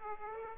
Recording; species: mosquito wingbeat signal from an infrared sensor; Aedes aegypti